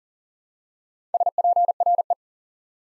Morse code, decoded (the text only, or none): SPRE